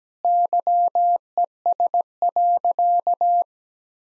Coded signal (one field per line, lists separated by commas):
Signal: Morse code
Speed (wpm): 17 wpm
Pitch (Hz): 700 Hz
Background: none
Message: YES.